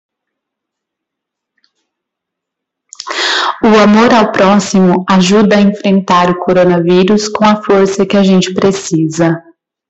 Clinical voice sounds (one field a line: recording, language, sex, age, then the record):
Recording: spoken sentence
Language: Brazilian Portuguese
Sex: female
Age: 20 to 29 years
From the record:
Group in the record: control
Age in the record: 25 years